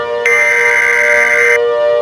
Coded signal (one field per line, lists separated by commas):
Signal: Emergency Alert System (SAME) tones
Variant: header bursts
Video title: EAS Mini 6: The Return of Miss Radioactive